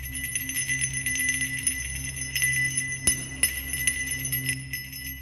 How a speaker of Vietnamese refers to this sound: Quả chuông nhỏ treo trên lá cờ có ghi 4 chữ xem bói âm dương bỗng nhiên kêu lên leng ca leng keng.